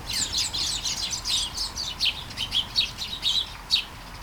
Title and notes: Kærengen 8, 2630 Taastrup, Denmark - Flying sparrows. Flying sparrows in the garden, early morning. Light shower. Vols de moineaux dans le jardin, au petit matin. Pluie fine